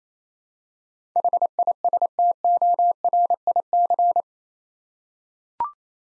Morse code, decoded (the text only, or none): HISTORIC